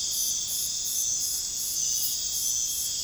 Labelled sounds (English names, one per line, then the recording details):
none
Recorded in pastures near Puerto Asís, Putumayo, Colombia, on 30 June 2025 at 02:30
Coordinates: 0.466, -76.322
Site GP07